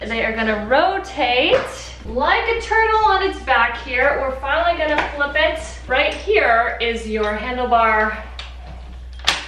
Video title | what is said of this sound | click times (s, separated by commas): Anthem2 Wagon Stroller - FULL Review with Unboxing + Assembly | lock when you pulled the whole wagon up with the handles the seats automatically popped up and locked into place | 9.3 s